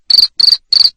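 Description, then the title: Cricket chirping: three loud, high-pitched trilled chirps, each made of several rapid pulses. Loud cricket chirping played to stimulate lovebirds into continuous ngekek singing. "Suara JANGKRIK NGERIK Keras Bikin LOVEBIRD Jadi NGEKEK Terus Vubey"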